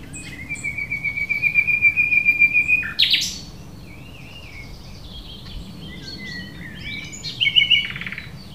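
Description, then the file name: Common nightingale song opening with a long series of evenly repeated whistled notes that swell in volume, then a sharp burst and varied chattering phrases. "Luscinia megarhynchos"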